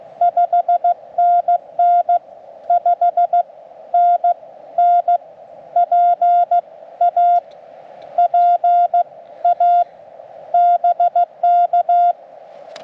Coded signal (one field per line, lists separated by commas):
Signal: Morse code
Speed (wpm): 15 wpm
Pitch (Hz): 700 Hz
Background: none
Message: 5NN 5NN PA PA BK